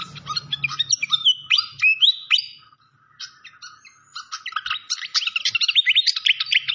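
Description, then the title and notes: Malaysian pied fantail song: high chattering notes and slurred whistles, a short pause, then a fast burst of sharp chirps. Training (masteran) song with a clear voice, mixed with the sound of gurgling water. "Masteran Sikatan Kipas Suara Jernih Dan Suara Gemericik Air. Suara Burung Sikatan Londo"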